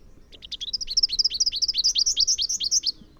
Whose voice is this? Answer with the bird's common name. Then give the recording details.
Rufous-capped Warbler. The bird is a male. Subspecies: rufifrons. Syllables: 31. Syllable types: 7. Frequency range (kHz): 2.1-6.8 kHz. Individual MO-NNS-M